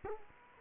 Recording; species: mosquito wingbeat signal from an infrared sensor; Culex quinquefasciatus